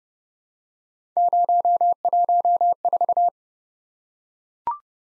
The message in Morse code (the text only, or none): 014